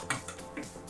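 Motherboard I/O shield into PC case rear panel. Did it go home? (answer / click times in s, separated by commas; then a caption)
no / none. A metal motherboard I/O shield is handled and pressed against the rear cutout of a PC case, giving a few short tapping and scraping sounds around 0.1, 0.3 and 0.6 seconds. The shield has not snapped into place yet, and nothing has seated or clicked.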